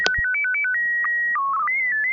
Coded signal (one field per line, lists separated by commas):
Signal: SSTV (slow-scan television)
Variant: PD 120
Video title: N6NA SSTV Net - 12/02/2020